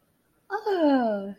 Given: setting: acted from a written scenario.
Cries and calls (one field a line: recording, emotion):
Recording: vocal sound without words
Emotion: adoration